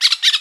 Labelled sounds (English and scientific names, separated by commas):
Brown-throated Parakeet (Eupsittula pertinax) contact call